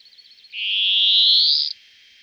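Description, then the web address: European greenfinch giving a single drawn-out wheeze that climbs slowly in pitch for about a second, preceded by faint flickering notes. "VOLIERE Les oiseaux de nos jardins. Verdier - Greenfinch"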